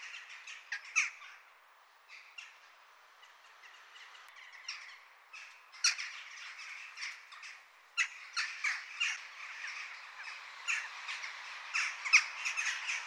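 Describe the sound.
Jackdaw calls, a dense babble of short harsh calls, sparser early on and growing busier toward the end.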